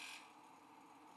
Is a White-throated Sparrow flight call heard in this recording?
no